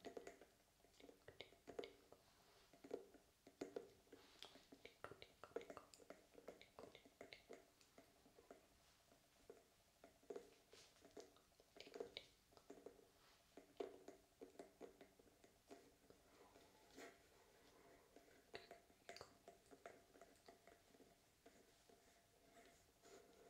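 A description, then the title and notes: Tapping and scratching go on throughout, with quick clusters of sharp clicks and taps scattered densely and irregularly. The scraping sits mostly in a low-middle band, and the busiest bursts come around five, twelve, fourteen and seventeen seconds. ASMR Tapping and Scratching for Tingles.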